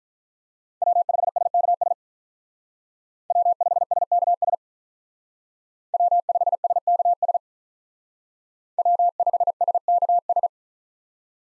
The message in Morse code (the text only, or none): W5SKS W5SKS W5SKS W5SKS